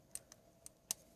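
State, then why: Seated. The plastic head of a model kit is pulled up into the torso, and a few faint plastic ticks at 0.2, 0.3 and 0.7 s lead to a sharp, louder snap at 0.9 s. The head is seated in its raised position.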